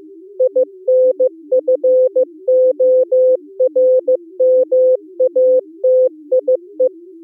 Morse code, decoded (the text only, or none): INFORMATIE